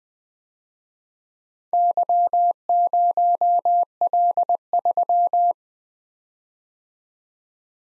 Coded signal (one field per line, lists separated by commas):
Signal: Morse code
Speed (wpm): 19 wpm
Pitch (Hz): 700 Hz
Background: none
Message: Y0L3